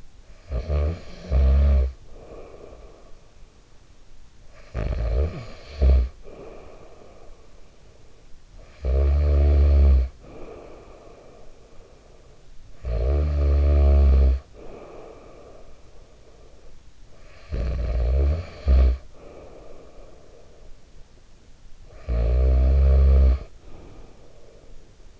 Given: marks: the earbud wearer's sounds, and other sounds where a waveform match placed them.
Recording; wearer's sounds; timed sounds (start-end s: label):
sounds in sleep by an in-ear microphone; snoring breath
0.00-7.37 s: snoring breath
8.23-21.15 s: snoring breath
21.66-25.20 s: snoring breath